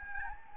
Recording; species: mosquito wingbeat signal from an infrared sensor; Anopheles gambiae